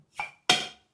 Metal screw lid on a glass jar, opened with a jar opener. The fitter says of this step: If you hear this the snap pop and the and the swish, you know it's good.